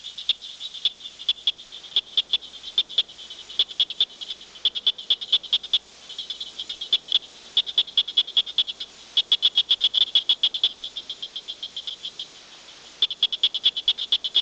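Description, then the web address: Tree frog producing fast, steady trains of high rattling clicks, nearly continuous, with brief lulls near the sixth and twelfth seconds. "frogs Family Hylidae"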